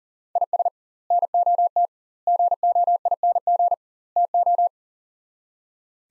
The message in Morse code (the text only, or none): IS NOT GOING TO